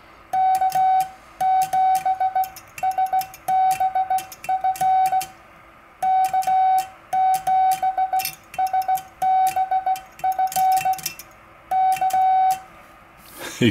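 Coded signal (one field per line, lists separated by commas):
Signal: Morse code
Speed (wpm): 17 wpm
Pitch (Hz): 760 Hz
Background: none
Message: K7SBF K7SBF K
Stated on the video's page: Morse sent on a vintage 1930s Speed-X bug, mechanical automatic dots, slowed to beginner speed.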